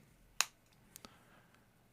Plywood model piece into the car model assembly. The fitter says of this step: satisfying snap and that was piece 433